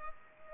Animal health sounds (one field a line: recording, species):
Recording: mosquito wingbeat signal from an infrared sensor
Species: Culex pipiens